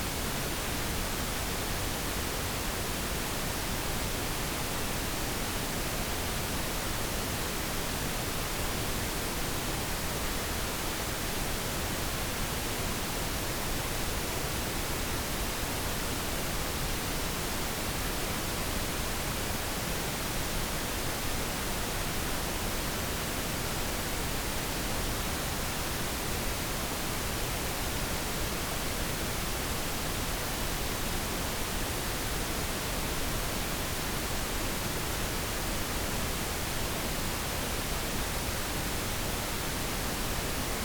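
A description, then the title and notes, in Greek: Pink noise spanning 20 Hz to 20 kHz plays as a steady, dense hiss with a fuller, deeper rumble underneath than plain white noise. It holds an even level from start to finish, with no breaks, changes or other sounds. Pink Noise (20 Hz έως 20 KHz) – Αριστερά και Δεξιά Κανάλι. Pink Noise (20 Hz έως 20 KHz) Αριστερό κανάλι μόνο.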